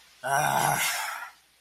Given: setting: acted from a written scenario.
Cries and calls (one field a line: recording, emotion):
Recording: vocal sound without words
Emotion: anger